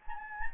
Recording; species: mosquito wingbeat signal from an infrared sensor; Anopheles gambiae